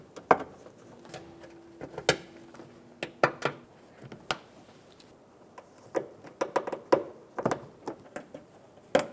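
Plastic push-in retaining clips are pressed by hand through the trunk lid liner into the sheet-metal trunk lid of a 2007-2011 Toyota Camry. Six loud, short snaps ring out at 0.3, 2.1, 3.2, 4.3, 6.9 and 9.0 seconds, one for each clip, with quieter handling taps in between. Each clip seats in the lid.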